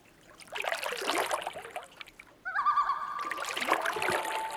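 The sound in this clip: Loon call: a long, sustained tone that wavers at its start and enters midway, after and over splashing water.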